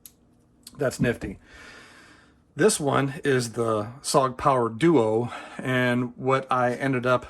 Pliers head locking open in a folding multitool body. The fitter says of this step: So as you reach in and grab it, you hold it in your hand like so, bang, and now you've got a pair of pliers that you can use.